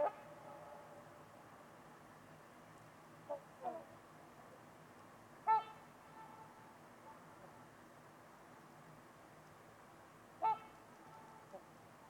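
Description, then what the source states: Trumpeter swan giving a few spaced, brassy honks, with softer calls between and a quiet hiss behind. Trumpeter swans at Winters Lake on a winter evening in a deep, silent valley with distant white noise.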